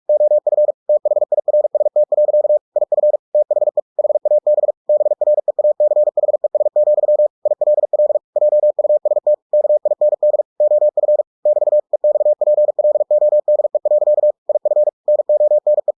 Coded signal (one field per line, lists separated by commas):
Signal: Morse code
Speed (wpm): 46 wpm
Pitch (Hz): 600 Hz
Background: none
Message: OF THIRST. IF THE HAB BREACHES, ILL JUST KIND OF <BT> EXPLODE. IF NONE